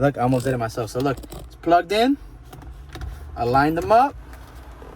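A plastic center console trim panel for a 2019–21 Toyota RAV4 is being fitted into the console after its plug is connected, with an LED ambient lighting lamp being installed. Someone talks while the panel is lined up, and a few faint handling taps and rustles are heard. Nothing has seated or clicked yet.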